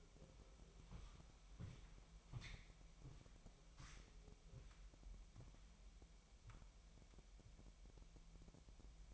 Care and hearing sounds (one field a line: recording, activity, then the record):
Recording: daily activity, microphone in the room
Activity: walk to room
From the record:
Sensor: 1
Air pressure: 1002.0 hPa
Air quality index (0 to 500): 247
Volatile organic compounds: 52 ppm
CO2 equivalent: 3318 ppm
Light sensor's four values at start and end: 8/18/7/8 and 8/18/7/8